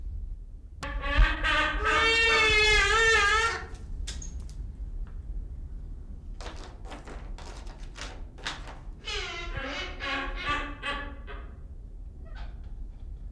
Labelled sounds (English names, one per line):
Silvery-cheeked Hornbill call